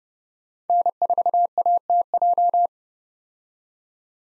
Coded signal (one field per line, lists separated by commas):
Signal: Morse code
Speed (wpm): 30 wpm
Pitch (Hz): 700 Hz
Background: none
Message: N4ATJ